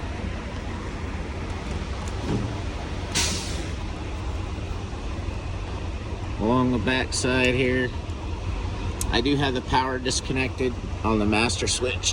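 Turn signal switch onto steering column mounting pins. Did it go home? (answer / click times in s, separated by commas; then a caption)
no / none. A turn signal switch for a 2016 Mack Pinnacle is lined up and centered on its steering column mounting pins along the back side before being pushed on, with the power disconnected at the master switch. A steady low hum runs throughout, with a brief hiss around 3.2 s and someone talking from about 6.5 s onward. Nothing has seated or clicked yet.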